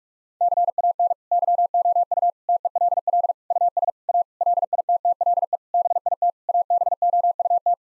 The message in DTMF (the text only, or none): none